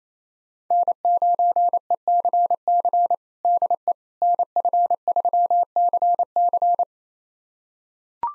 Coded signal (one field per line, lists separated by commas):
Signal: Morse code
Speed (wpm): 28 wpm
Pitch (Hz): 700 Hz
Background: none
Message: N9ECC DE NF3CC